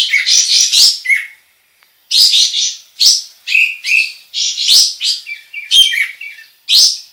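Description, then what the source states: Sooty-headed bulbul song: bursts of fast, chattering, high-pitched notes lasting about a second, separated by short pauses, with a few lower whistled notes at the ends. Indonesian local name kapas tembak; described as gacor, singing actively and persistently.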